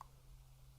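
A small metal part of an Omega f300Hz Cal. 1250 Diver tuning fork watch movement is handled during reassembly, held in the movement by a lightly tightened screw before being clicked into place and screwed down. A brief faint tick sounds at 0.0 s over a steady low hum, and nothing has seated or clicked into place yet.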